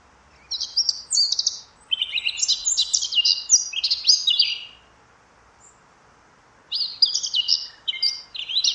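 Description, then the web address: Eurasian blackcap song: bursts of rapid, varied, high and scratchy warbling notes, broken by a pause of about two seconds. "cianscape birddata Deverinetal 2025"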